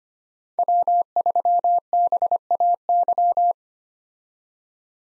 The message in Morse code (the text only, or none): W3BAY